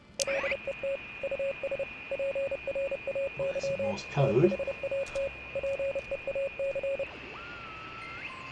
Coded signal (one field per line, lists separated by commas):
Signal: Morse code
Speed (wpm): 29 wpm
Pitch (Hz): 550 Hz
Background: speech, radio noise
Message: LET US PRAY THAT PEAC